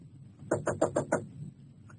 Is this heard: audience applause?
no